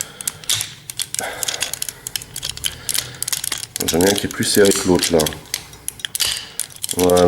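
A plastic extension piece is handled and slid over both sides of an action figure's foot to clip on, giving short, sharp plastic taps and rattles while someone talks. Nothing has seated or clicked home yet.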